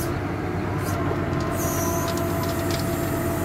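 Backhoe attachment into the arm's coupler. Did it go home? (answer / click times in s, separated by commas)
no / none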